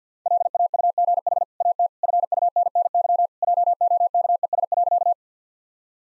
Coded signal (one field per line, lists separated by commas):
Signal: Morse code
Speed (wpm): 50 wpm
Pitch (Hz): 700 Hz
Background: none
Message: LAUGH AT FUNNY JOKES.